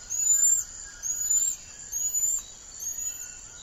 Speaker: And hear the sound of the golden lion tamarin.